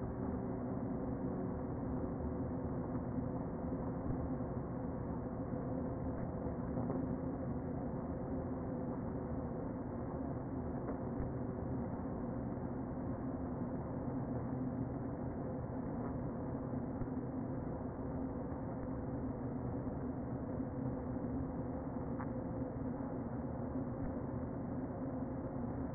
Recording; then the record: honeybee colony, microphone inside the hive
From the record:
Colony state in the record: queen present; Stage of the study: before two queens were removed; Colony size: about 60,000 bees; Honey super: yes